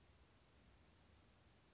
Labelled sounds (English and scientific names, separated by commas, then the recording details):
Western Flycatcher (Empidonax difficilis)
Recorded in Sonoma County, California